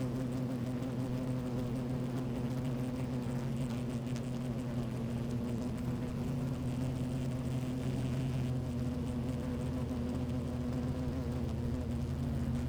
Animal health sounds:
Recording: honeybee colony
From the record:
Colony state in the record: active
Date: 28 July 2017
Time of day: 12:52

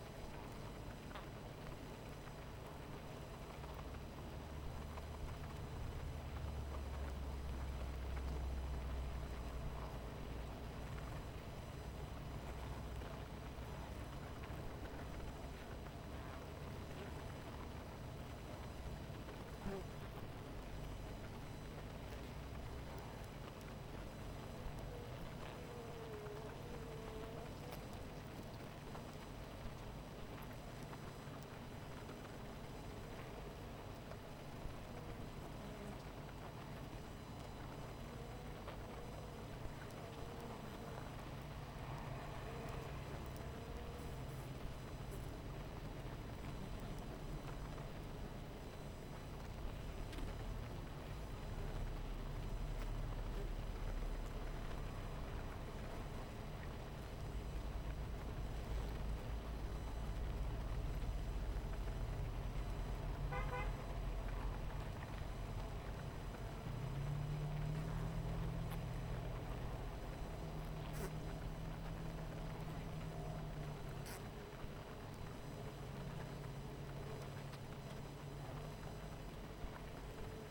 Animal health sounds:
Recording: honeybee colony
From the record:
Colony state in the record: missing queen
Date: 14 July 2017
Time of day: 18:36

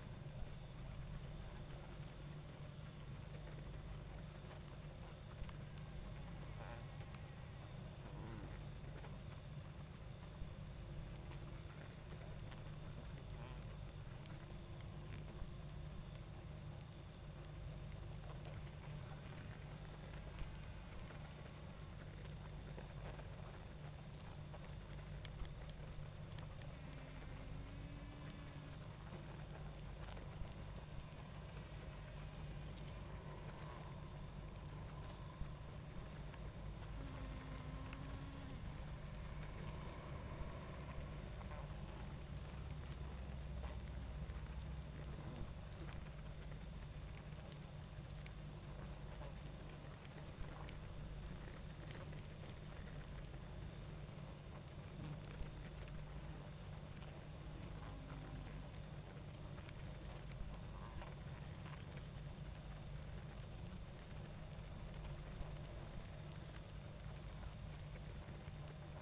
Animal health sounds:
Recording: honeybee colony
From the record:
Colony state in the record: active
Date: 28 July 2017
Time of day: 21:10

